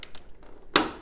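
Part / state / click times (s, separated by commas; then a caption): rotating tool attachment into its base holder / seated / 0.0 s, 0.8 s. A rotating Deflecto jewellery bench-tool attachment is turned and its other side clicked into place on its base holder. A sharp click sounds at 0.0 s, a few faint taps follow, and a much louder, bright click at 0.8 s rings briefly before fading. The attachment is seated in its base.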